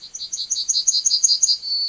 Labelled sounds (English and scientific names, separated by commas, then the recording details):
Yellowhammer (Emberiza citrinella) song
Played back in forest
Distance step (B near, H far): C
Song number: 137